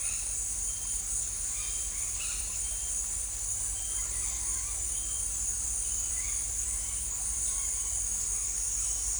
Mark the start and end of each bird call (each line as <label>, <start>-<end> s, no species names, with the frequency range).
bird call (0.8-4.2 kHz), 1.54-2.94 s